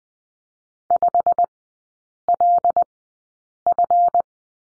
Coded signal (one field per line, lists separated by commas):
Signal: Morse code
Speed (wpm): 20 wpm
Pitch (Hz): 700 Hz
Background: none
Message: 5LF